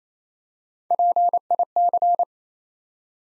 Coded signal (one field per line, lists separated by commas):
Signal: Morse code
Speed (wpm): 28 wpm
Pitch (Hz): 700 Hz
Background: none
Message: PIC